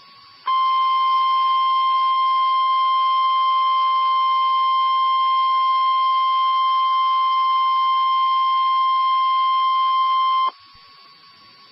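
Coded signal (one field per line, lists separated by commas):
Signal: Emergency Alert System (SAME) tones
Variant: 1050 Hz attention tone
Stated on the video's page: Severe thunderstorm warning from central Nebraska, recorded over an internet stream.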